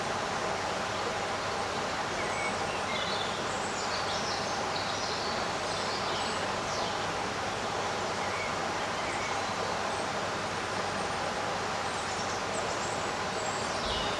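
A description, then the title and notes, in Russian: Birds sing in a garden on a summer day, their short high chirps and trills appearing faintly throughout. A constant, dense rushing hum with a low rumble underneath, like traffic or a passing train, stays steady and covers much of the birdsong. Летний день в саду. Птицы поют свои нежные мелодии.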